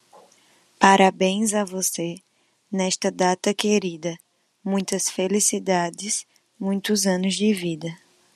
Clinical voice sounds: short text; Brazilian Portuguese; female; 20 to 29 years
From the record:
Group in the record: control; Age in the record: 23 years

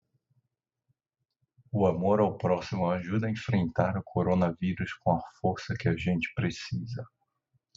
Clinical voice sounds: spoken sentence; Brazilian Portuguese; male; 40 to 49 years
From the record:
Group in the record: control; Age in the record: 45 years

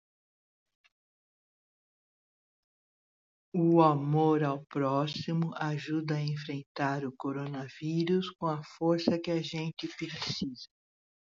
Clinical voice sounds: spoken sentence; Brazilian Portuguese; female; 60 to 69 years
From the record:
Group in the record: control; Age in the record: 63 years

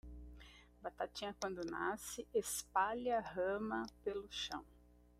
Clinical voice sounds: short text; Brazilian Portuguese; female; 40 to 49 years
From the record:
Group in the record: control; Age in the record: 41 years

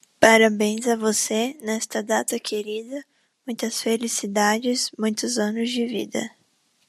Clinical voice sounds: short text; Brazilian Portuguese; female; 20 to 29 years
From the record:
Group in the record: control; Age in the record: 22 years

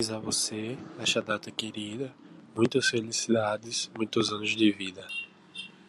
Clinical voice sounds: short text; Brazilian Portuguese; male; 20 to 29 years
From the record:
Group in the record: control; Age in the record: 25 years

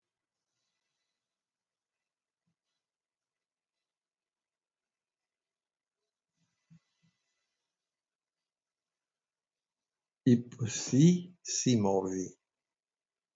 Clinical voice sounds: spoken sentence; Brazilian Portuguese; male; 70 to 79 years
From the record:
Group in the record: control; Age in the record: 78 years

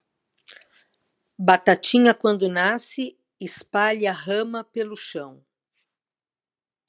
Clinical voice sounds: short text; Brazilian Portuguese; female; 60 to 69 years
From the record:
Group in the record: control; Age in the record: 66 years

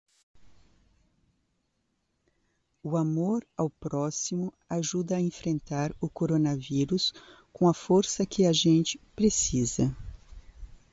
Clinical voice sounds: spoken sentence; Brazilian Portuguese; female; 50 to 59 years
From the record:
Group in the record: control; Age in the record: 59 years

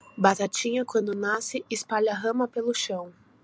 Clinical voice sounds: short text; Brazilian Portuguese; female; 20 to 29 years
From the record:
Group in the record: control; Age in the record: 26 years

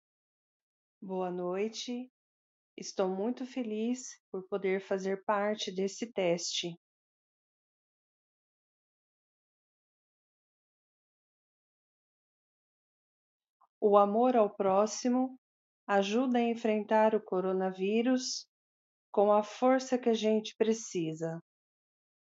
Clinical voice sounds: spoken sentence; Brazilian Portuguese; female; 40 to 49 years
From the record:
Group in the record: control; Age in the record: 48 years

